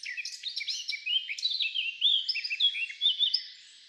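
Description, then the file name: Eurasian blackcap song, a quick jumble of sweet whistled and chattering notes with several clear fluty phrases, fading at the end. "Sylvia atricapilla"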